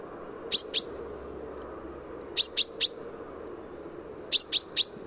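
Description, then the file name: Common chaffinch giving brief, high, clipped notes, first a pair and then two groups of three, about two seconds apart, with a soft low hum underneath. "Fringilla coelebs"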